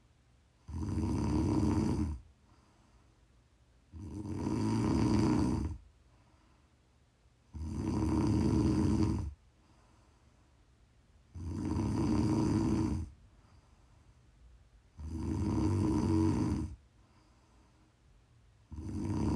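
An adult woman snores in her sleep, offered as ASMR snoring. Loud, rough, low-pitched snores come regularly, about 16 to 17 per minute, each lasting one to two seconds with quiet pauses between: the steady rhythm of ordinary snoring during sleep.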